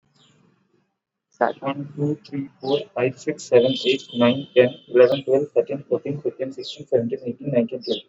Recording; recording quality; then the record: counting at a normal pace; excellent, no background noise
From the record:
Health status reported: exposed to COVID-19, no respiratory illness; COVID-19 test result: not tested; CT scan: not taken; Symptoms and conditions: none ticked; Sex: male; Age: 28 years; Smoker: no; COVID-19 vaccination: both doses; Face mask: worn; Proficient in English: yes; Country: India